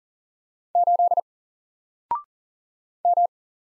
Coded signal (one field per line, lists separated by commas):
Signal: Morse code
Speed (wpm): 40 wpm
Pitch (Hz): 700 Hz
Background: none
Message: 8 M